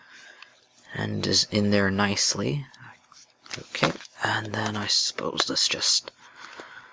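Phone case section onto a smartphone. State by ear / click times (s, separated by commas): not seated / none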